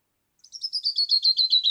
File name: Canyon wren